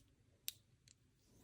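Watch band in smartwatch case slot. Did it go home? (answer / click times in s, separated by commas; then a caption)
yes / 0.5 s. The other half of a Google Pixel Watch band is slid into the opposite slot of the smartwatch case and latches with a sharp, bright click at 0.5 s, followed by a fainter tick at 0.9 s over a quiet background. The band locks into place, fully seated.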